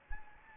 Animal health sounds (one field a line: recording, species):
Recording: mosquito wingbeat signal from an infrared sensor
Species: Anopheles gambiae